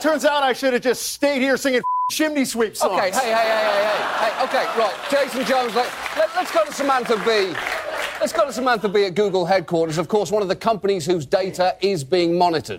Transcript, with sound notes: It turns out I should've just stayed here singing (bleep) chimney sweeps songs.
OK. Hey. Hey. Hey. Hey. Hey. Hey. (LAUGHTER) OK. Well, Jason Jones, let's go to Samantha Bee - let's go to Samantha Bee at Google headquarters, of course, one of company's whose data is being monitored.